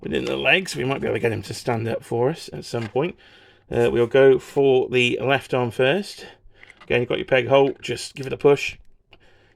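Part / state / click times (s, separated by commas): action figure arm peg into shoulder socket / seated / 9.1 s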